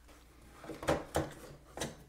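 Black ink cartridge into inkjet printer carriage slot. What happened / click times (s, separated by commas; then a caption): The cartridge clicked into its slot / 0.9 s, 1.2 s. A black ink cartridge is slid into the right-hand slot of an HP OfficeJet Pro 9125e inkjet printer carriage and pushed hard at the end with one finger. It clicks at 0.9 s and 1.2 s, and a softer knock follows near 1.8 s. The cartridge is seated in place.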